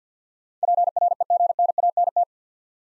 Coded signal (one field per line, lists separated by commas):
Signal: Morse code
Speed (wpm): 50 wpm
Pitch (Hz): 700 Hz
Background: none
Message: PREGNANT